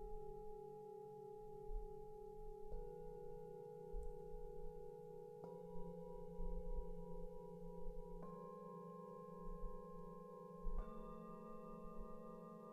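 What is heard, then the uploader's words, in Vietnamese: A Tibetan singing bowl rings with a steady, layered hum, and new strikes land about every two and a half seconds. Each strike adds a fresh tone that stacks over the lingering ones. A low, uneven rumble runs underneath throughout. Đây là âm thanh từ chuông xoay Tây Tạng, được mình thu trực tiếp từ một phần của các buổi học về SoundHealing, Sound bath do mình giảng dạy.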